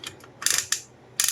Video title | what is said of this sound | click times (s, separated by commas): Heavy Duty Kitchen Find! Red Chef 6L Pressure Cooker Unboxing - Perfect for Fast Cooking! Saves Gas! | Okay, ikutin lang. Oh, walang kahirap-hirap, di ba? Siguradong nakalock na. | 0.7 s, 1.2 s